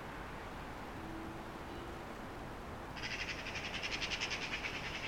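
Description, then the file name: Eurasian magpie chattering: a fast, dry rattle of evenly pulsed harsh notes starting midway and running for about two seconds over a constant hiss. "Pica pica"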